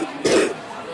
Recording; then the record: coughing mixed with background sound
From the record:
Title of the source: 60 coughing still (deep and wet cough)